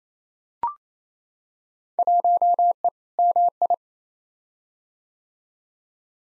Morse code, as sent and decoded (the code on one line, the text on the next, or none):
.---- . / -- ..
1E MI